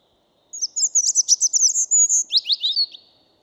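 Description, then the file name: European robin song phrase: a rapid string of very high, thin, glittering notes followed by a lower, descending warbled flourish, lasting about two and a half seconds. "Erithacus rubecula"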